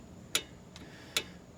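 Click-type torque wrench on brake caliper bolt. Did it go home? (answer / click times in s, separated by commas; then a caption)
yes / 0.4 s. A click-type torque wrench with a 10 mm socket tightens a front brake caliper bracket bolt during a brake pad replacement on a 2013–2017 Buick Encore. The wrench gives a sharp click at its preset torque at 0.4 s, followed by a faint tick at 0.8 s and another sharp click at 1.2 s. The bolt is confirmed torqued.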